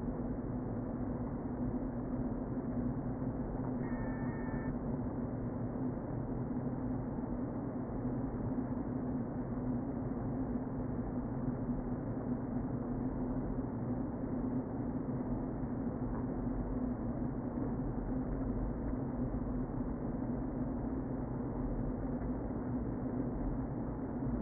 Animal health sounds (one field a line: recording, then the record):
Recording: honeybee colony, microphone inside the hive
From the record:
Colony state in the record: queen present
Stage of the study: before two queens were removed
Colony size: about 60,000 bees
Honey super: yes